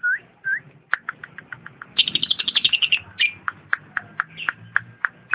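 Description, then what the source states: Lovebird song of rapid, evenly repeated sharp chirps, speeding into a dense chattering run before slowing back to spaced notes. Lovebird song presented as that of a champion bird.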